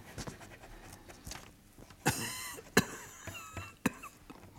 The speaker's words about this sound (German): Du hustest die letzten Tage.